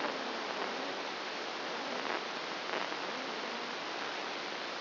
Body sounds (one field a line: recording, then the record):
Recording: brain microelectrode recording played as sound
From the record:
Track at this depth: inside the subthalamic nucleus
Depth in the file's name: 2.503 mm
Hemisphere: left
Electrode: 1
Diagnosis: Parkinson's disease